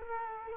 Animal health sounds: mosquito wingbeat signal from an infrared sensor; Culex quinquefasciatus

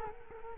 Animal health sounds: mosquito wingbeat signal from an infrared sensor; Culex quinquefasciatus

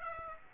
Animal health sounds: mosquito wingbeat signal from an infrared sensor; Aedes aegypti

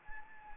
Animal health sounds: mosquito wingbeat signal from an infrared sensor; Anopheles gambiae

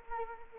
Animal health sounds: mosquito wingbeat signal from an infrared sensor; Anopheles arabiensis

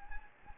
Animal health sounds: mosquito wingbeat signal from an infrared sensor; Anopheles gambiae

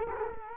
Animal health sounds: mosquito wingbeat signal from an infrared sensor; Culex quinquefasciatus

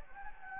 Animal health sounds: mosquito wingbeat signal from an infrared sensor; Anopheles gambiae

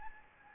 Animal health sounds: mosquito wingbeat signal from an infrared sensor; Anopheles gambiae

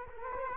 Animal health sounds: mosquito wingbeat signal from an infrared sensor; Culex quinquefasciatus

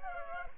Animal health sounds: mosquito wingbeat signal from an infrared sensor; Culex pipiens

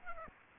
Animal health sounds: mosquito wingbeat signal from an infrared sensor; Aedes aegypti

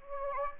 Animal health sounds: mosquito wingbeat signal from an infrared sensor; Anopheles gambiae

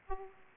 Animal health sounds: mosquito wingbeat signal from an infrared sensor; Aedes aegypti

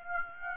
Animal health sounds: mosquito wingbeat signal from an infrared sensor; Aedes aegypti

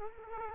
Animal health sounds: mosquito wingbeat signal from an infrared sensor; Culex quinquefasciatus

